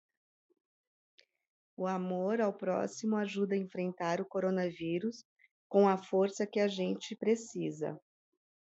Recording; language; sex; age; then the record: spoken sentence; Brazilian Portuguese; female; 50 to 59 years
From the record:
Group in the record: control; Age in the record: 50 years